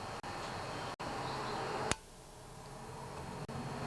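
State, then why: Torque reached. A torque wrench set to 45 inch pounds tightens the valve rocker adjustment screw on a small OHV Briggs lawn tractor engine while a 10 mm wrench holds the lock nut. A sharp, brief click at 1.9 s stands out against steady background noise. The torque wrench clicked at its setting.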